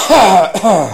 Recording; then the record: coughing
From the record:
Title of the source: Spring Allergy Coughing